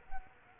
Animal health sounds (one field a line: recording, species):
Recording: mosquito wingbeat signal from an infrared sensor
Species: Culex quinquefasciatus